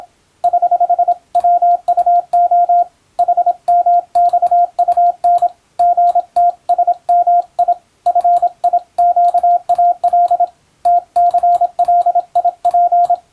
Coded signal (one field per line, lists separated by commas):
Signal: Morse code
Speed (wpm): 26 wpm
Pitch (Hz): 700 Hz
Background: radio noise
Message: <HH> WUO HMXUN GTSMI FIQAL TCLIP